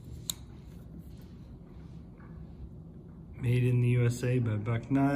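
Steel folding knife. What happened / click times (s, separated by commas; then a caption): The lock released and the blade snapped shut / 0.3 s. A Buck Knives 722 Spitfire folding knife has its lockback release pressed on the spine, and the metal blade snaps shut into the handle with a sharp click at 0.3 s, so the lock is released and the blade is closed. Quiet handling noise follows, then someone talks.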